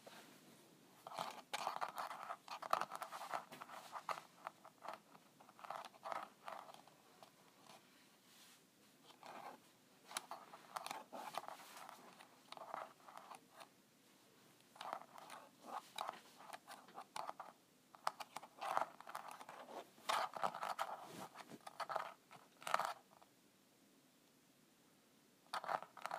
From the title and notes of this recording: ASMR Scratching my Calculator.